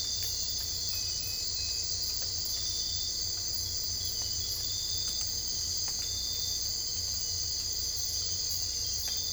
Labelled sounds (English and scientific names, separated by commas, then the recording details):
none
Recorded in dense forest near Puerto Asís, Putumayo, Colombia, on 22 December 2024 at 02:30
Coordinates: 0.485, -76.318
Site GP03